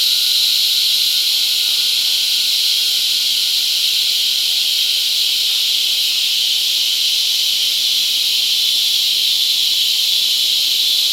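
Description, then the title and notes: Cicadas droning together in a constant sizzling high buzz, unchanging in loudness, with a faint steady tone audible underneath. Cicadas mating; La Convención, Peru. "Apareamiento De Cigarras La Convención Peru by Alejandro Cornejo Montibeller"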